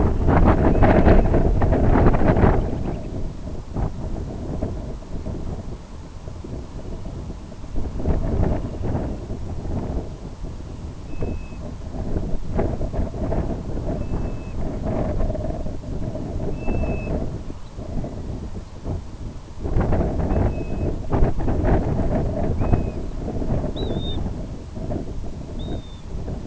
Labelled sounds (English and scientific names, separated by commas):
Grey Plover (Pluvialis squatarola), Semipalmated Sandpiper (Calidris pusilla), unidentified sound